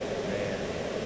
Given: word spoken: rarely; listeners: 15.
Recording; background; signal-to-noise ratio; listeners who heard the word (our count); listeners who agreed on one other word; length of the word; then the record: one English word in noise, from a listening test; speech-shaped noise; -5.7 dB; 0 of 15; 6 of 15; 0.66 s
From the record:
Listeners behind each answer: 6, 3, 1, 1, 1, 1, 1, 1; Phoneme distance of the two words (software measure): 24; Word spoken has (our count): 2 syllables, 4 phonemes, stress on syllable 1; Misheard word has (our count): 1 syllable, 2 phonemes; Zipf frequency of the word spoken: 4.13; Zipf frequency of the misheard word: 3.65